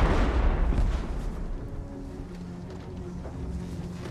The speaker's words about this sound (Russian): Вокруг поезда взрываются снаряды.